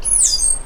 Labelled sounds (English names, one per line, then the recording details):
Stitchbird song
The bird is a male
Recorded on Tiritiri Matangi Island, New Zealand, in 2005
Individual 12, of nest box 16